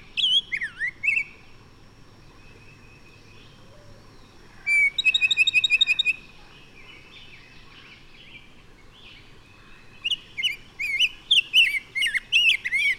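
Bird song: brief whistled phrases, then a fast rattling trill of repeated ticking notes, quiet stretch, and a lively series of high varied chirps near the end.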